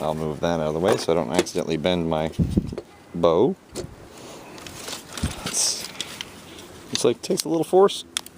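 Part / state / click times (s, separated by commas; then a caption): plastic bow limb assembly into toy crossbow body / not seated / none. A plastic bow piece is pushed with some force into the front of a Nerf ZombieStrike WrathBolt foam-dart crossbow pistol, with handling taps and small plastic clicks between stretches of someone talking. The part is still being handled and has not seated or clicked into place yet.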